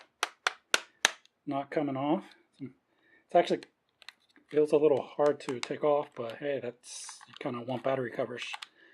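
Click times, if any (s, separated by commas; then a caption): none. A 3D-printed plastic battery cover with a printed spring catch is handled at the battery compartment of a remote control, with four sharp clicks near the start at 0.2, 0.5, 0.7 and 1.1 seconds and someone talking through the rest. The cover is being worked on and taken off, and nothing has seated or clicked home yet.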